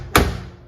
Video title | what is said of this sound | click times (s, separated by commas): Zojirushi Vs KBS - Bread Machine Comparison and Bread Test - Part 1 | But putting it in, you want to make sure it's two separate clicks. | 0.2 s